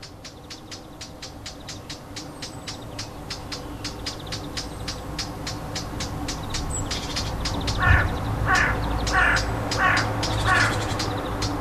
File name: Fauvette cri d alarme 25 06 14